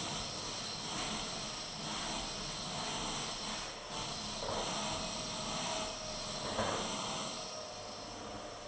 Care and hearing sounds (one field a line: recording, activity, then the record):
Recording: daily activity, microphone in the room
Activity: vacuum cleaning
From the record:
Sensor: 4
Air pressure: 1000.1 hPa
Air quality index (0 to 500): 232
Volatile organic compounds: 32 ppm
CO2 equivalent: 2992 ppm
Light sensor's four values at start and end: 9/21/8/8 and 9/21/8/8